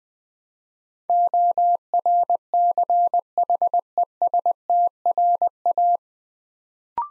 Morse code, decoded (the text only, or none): ORCHESTRA